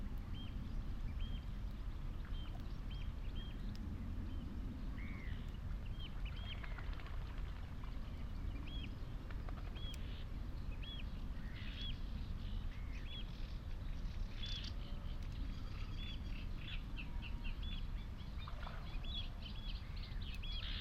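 A marshland scene in May, with short, repeated bird calls chirping every second or so throughout, higher trills appearing now and then. Beneath them runs a constant low rumble, like a far engine or wind, holding the whole twenty seconds at an even level.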